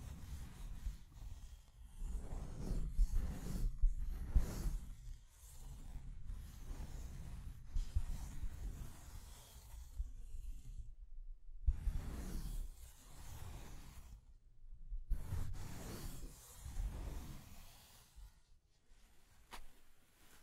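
Scratching and tracing sounds: rough, rasping strokes come in uneven bursts, roughly one or two per second, each with a dull low rub and a thin hiss on top. Brief pauses break the rhythm near eleven and fourteen seconds before the strokes resume.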